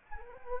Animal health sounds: mosquito wingbeat signal from an infrared sensor; Anopheles arabiensis

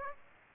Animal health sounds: mosquito wingbeat signal from an infrared sensor; Aedes aegypti

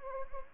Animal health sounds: mosquito wingbeat signal from an infrared sensor; Anopheles gambiae

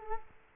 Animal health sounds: mosquito wingbeat signal from an infrared sensor; Culex quinquefasciatus

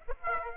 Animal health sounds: mosquito wingbeat signal from an infrared sensor; Aedes aegypti

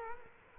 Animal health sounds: mosquito wingbeat signal from an infrared sensor; Culex quinquefasciatus

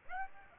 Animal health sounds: mosquito wingbeat signal from an infrared sensor; Aedes aegypti

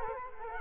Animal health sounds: mosquito wingbeat signal from an infrared sensor; Culex quinquefasciatus

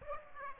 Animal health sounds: mosquito wingbeat signal from an infrared sensor; Aedes aegypti

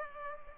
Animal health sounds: mosquito wingbeat signal from an infrared sensor; Culex pipiens

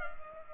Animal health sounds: mosquito wingbeat signal from an infrared sensor; Culex pipiens

